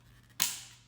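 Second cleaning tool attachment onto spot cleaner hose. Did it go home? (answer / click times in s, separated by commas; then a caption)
yes / 0.4 s. A second plastic cleaning tool attachment is fitted onto the hose of a Dirt Devil spot cleaner. A sharp click rings out at 0.4 seconds, bright and high-pitched, and fades over about half a second. The attachment is seated in place.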